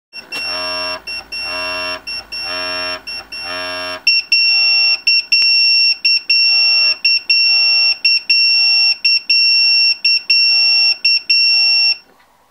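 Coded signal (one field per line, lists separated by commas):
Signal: pager alert tone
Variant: Swissphone pager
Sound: six buzzy rasping pulses, then a high piercing beep repeating in short-long rhythm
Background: small room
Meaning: Alarm call-out: an emergency call has come in for the fire brigade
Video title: Swissphone Dataline 300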